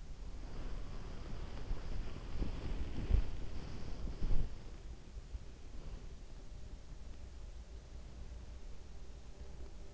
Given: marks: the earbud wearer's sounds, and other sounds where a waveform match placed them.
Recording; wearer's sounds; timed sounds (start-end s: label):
sounds in sleep by an in-ear microphone; body movement
0.00-5.30 s: body movement